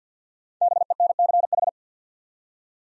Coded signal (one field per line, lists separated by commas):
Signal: Morse code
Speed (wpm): 51 wpm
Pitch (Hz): 700 Hz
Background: none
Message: BENCH